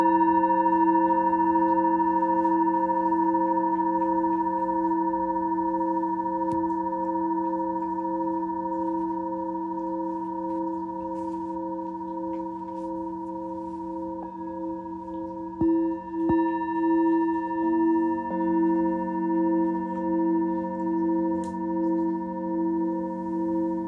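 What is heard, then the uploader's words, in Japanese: A singing bowl rings with a steady, pure hum that fades slowly, then is struck again near sixteen seconds, adding a wavering, pulsing tone. メキシコから シンギングボウルのサウンドヒーリング。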